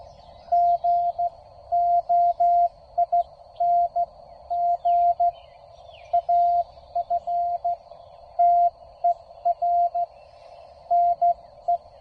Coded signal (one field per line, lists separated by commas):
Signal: Morse code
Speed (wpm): 17 wpm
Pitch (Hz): 700 Hz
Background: none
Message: GOING AFTER NE